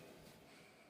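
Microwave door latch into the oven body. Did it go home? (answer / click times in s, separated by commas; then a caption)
no / none. A repaired Samsung microwave door latch is being handled as the door is brought toward the oven body, heard as a steady, breathy hiss with no sharp transients. Nothing has seated or clicked yet.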